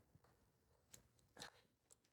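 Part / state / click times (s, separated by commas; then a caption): link belt end into rifle feed past belt holding pawls / seated / 0.9 s, 1.9 s. The double-looped end of a metal link ammunition belt is pushed into the feed of an M2 SLR (Self Loading Rifle) with the top cover closed, past the two belt holding pawls. Sharp metallic clicks sound at 0.9 s and 1.9 s, with a broader scraping rattle around 1.4 s in between. The pawls click into place and the belt is seated.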